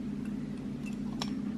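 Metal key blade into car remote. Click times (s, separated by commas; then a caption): 1.2 s. A metal emergency key blade is slid back into its hole in the plastic remote of an Audi Q7, A4, A5 or TT key fob and latches with a sharp click at 1.2 s over a steady low hum. The key is seated in the fob.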